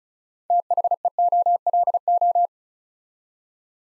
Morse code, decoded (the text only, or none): THEOLO